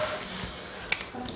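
A wheelchair seat belt buckle, just fastened, is pressed at its release to test whether it opens, giving a sharp click at 0.9 s over faint background noise. The buckle releases.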